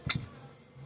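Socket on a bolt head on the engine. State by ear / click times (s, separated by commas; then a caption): stripped / 0.1 s. A 15 mm wrench socket, the wrong size, is turned on a metal bolt or nut on the turbo setup of a Ford Thunderbird engine and slips on the head. A sharp metallic tick at 0.1 s is followed by low rumble and a faint tick near the end. The socket slips and rounds the bolt head, stripping it.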